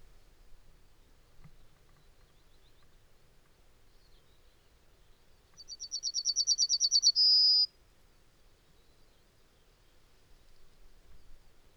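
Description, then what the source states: Yellowhammer song: a rapid run of many high, thin, repeated notes growing louder, ending in one drawn-out note, then quiet. Nominate subspecies Emberiza citrinella citrinella.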